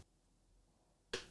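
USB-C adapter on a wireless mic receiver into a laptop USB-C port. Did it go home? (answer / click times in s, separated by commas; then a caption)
yes / 1.1 s. The USB-C adapter on a DJI wireless mic receiver is pushed into the USB-C port of a MacBook Pro, pressed with the back of a finger so the adapter does not come off the receiver. After near silence, a single short, sharp click is heard at 1.1 s as the adapter seats in the port.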